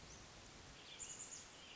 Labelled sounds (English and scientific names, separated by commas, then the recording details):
Hermit Thrush (Catharus guttatus)
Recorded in Sonoma County, California